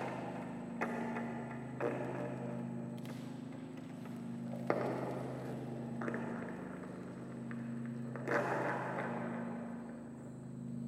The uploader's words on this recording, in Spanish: Sonido de campo grabado en la función final FASE Creación en residencia Salvador de Bahia, Brasil.